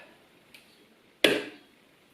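A small plastic push rivet in the fairing panel of a Kawasaki Ninja 250 has its centre pin pressed in to release it, with a faint tick at 0.5 s. A sharp, loud pop follows at 1.2 s and rings briefly. The rivet pops loose and is released.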